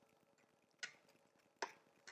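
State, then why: Seated. A small unit showing a blue light is pushed onto the outside of another unit's outer housing against a faint, steady ticking in the background. A sharp click at 1.6 s marks it snapping into place, with a softer tap following shortly after. The unit is confirmed seated.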